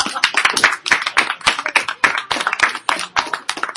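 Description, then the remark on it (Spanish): An audience at a quiz claps steadily for a participant for several seconds, a dense patter of many hands with sharp individual claps standing out, loud and sustained without speech. “¡Un fuerte aplauso”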